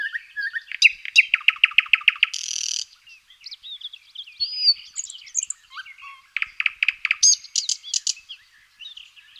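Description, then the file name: Thrush nightingale singing rapid repeated knocking notes, a harsh buzzy rattle, then varied whistles and another fast series of repeated notes. Recorded in 2004. "roche 2004 sprosser"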